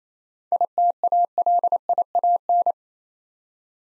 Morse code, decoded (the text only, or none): ITALIAN